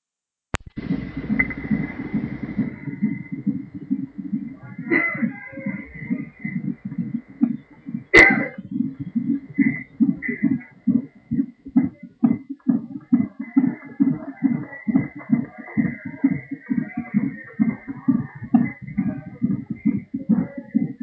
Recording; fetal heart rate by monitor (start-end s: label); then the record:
fetal heart sounds by stethoscope on the mother's abdomen
0.00-10.00 s: 140 bpm
10.00-20.00 s: 138 bpm
From the record:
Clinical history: preeclampsia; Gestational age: 33 weeks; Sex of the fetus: boy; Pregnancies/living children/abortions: 1/0/0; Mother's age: 47 years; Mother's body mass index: 32.0